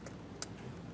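A power cable plug is twisted back and forth until its dots line up with the pins of the camera power socket, then pushed in. A sharp click is heard at 0.4 s against a steady low hum, preceded by a faint tick at 0.1 s. The connector seats.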